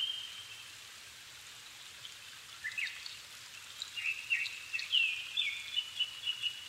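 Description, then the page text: Japanese thrush song, varied whistled phrases building in the second half into a fast series of repeated bright notes. Recorded 7 May 2011 at 17:59, in the evening, at 270 m altitude; Sony PCM-D50 recorder with Panasonic WM-61A microphone. "Turdus cardis [Sounds -Nikko Today-]"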